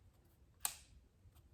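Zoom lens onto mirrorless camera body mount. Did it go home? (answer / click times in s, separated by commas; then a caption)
yes / 0.7 s. A zoom lens is lined up with the mount of a Canon EOS M50 mirrorless camera body and twisted. A single sharp, bright click sounds at 0.6 s (0.65 s) against a quiet background, with a brief fading tail. The lens locks onto the mount and is seated.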